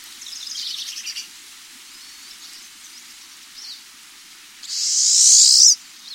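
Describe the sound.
Pine siskin giving a high, buzzy call near the start, then a louder buzz lasting about a second toward the end, with a quiet gap between.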